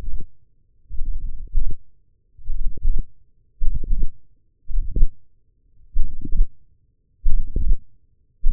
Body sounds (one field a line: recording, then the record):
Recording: forearm muscle sounds (acoustic myography)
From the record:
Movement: hand opening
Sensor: system 1, eight BSWA MPA416 microphones around the upper forearm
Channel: 8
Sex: male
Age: 42 years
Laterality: right